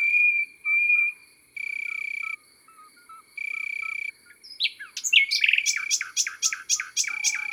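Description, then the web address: Common nightingale singing a long, rich phrase of sharp, repeated notes after a few steady buzzing bursts. Soft chirping carries on beneath. Countryside setting. "Rossignol philomele Chants doiseaux dans la campagne. album chants-doiseaux-dans-la-campagne"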